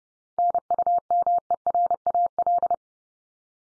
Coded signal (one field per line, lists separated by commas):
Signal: Morse code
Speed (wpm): 30 wpm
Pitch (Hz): 700 Hz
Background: none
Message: NUMERAL